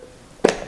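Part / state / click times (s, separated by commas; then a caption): wire into lever wire connector / seated / 0.5 s. A wire is pushed into a lever-style wire connector and the lever is closed, giving a sharp little snap at 0.5 s against a quiet background. The lever snaps closed and the wire is seated, held firmly when pulled.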